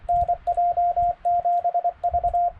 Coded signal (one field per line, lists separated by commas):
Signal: Morse code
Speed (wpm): 24 wpm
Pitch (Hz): 700 Hz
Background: radio noise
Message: NJ7V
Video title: 10 tips for SOTA & POTA Excursions